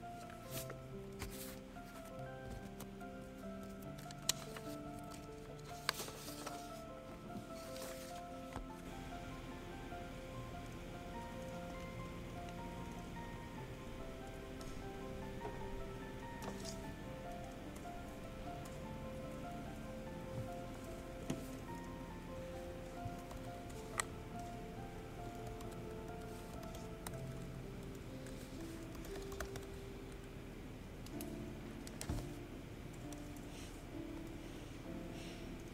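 Ambience at the Yale library: a steady, soft hiss like light rain runs throughout, under low humming tones that shift in pitch every few seconds. Sharp clicks or knocks stand out now and then, near 4, 6, 16, 21, 24 and 32 seconds.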